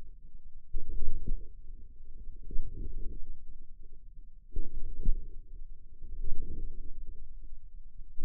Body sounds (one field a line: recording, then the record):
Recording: forearm muscle sounds (acoustic myography)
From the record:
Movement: inward rotation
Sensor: system 2, bracelet of six BSWA MPA416 microphones around the upper forearm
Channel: 5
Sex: male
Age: 22 years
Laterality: right